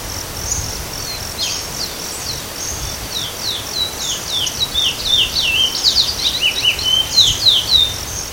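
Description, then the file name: Chestnut-bellied seed finch giving rapid strings of sharp, high downslurred notes that thicken into a busy twittering series, with a constant shrill insect hum behind. Recorded in Itatiaia National Park, Brazil, at about 17:00. "Sporophila angolensis PNItatiaia BR. ASilveira"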